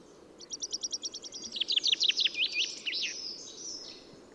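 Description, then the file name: Common chaffinch singing one full phrase, a quick series of sharp high notes that gets louder and descends into an ending flourish, over a steady background hiss. "Fringilla coelebs"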